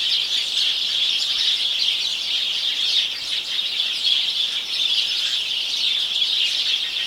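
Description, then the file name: House sparrow chorus of many birds chirping at once, a constant high chattering with slight rises and dips in loudness. "Passer domesticus"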